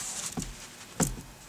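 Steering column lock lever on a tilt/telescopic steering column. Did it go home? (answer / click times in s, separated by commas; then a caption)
yes / 1.0 s. On a 2013 Chevy Cruze (1LT) with a tilt and telescopic steering column, the column release lever is pushed back up to lock the steering wheel in place after adjusting it. Two softer ticks at about 0.3 and 0.4 s lead into a sharp, bright click at 1.0 s as the lever snaps shut, followed by a quiet tail. The steering wheel is locked in place.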